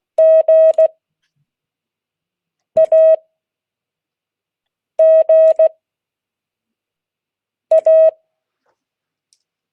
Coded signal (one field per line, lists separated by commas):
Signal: Morse code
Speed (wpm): 16 wpm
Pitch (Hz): 640 Hz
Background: none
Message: GAGA